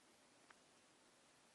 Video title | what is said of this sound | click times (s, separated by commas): Clear back plate for the iphone 4 | just simply like that so it clicks into place so now you got to pick up the screws | 0.5 s